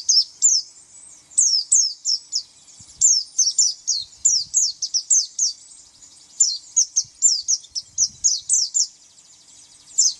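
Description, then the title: White-eye giving short bursts of several high, sharp chirps, separated by brief pauses. "Pleci"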